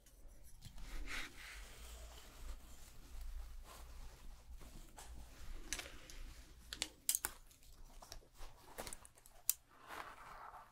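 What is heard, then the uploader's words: Hair salon sounds with a steady low hum underneath and irregular rustling and rubbing throughout. Sharp snipping clicks, like scissors, pop out clearly around seven and nine and a half seconds, with lighter clatter in between. ASMR Hair Salon Haircut, Perm, Shampoo WLayered Sounds (No Talking).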